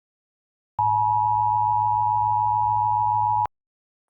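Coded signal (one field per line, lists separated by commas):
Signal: Emergency Alert System (SAME) tones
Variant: 853 and 960 Hz attention tone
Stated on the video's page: Fictional global wildfire scenario using valid EAS tones.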